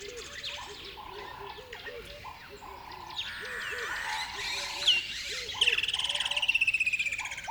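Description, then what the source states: Birds calling together: repeated nasal notes and low clipped calls, then a rapid, high, pulsing trill builds up and fades near the end. Birds on a river bed at dawn, upset.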